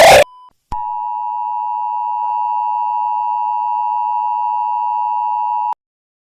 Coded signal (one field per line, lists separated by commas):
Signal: Emergency Alert System (SAME) tones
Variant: 853 and 960 Hz attention tone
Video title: EAS Scenerio: A Weird Coincidence Ghost Attack